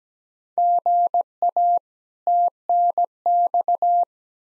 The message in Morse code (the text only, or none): GA TNX